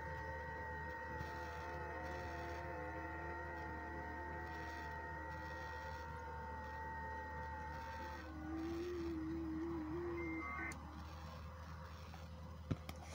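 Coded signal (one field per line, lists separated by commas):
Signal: FT8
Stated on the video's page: FT8 on a portable go-box station with a multiband vertical antenna for 20/17/15/12/10 meters, run during a power outage.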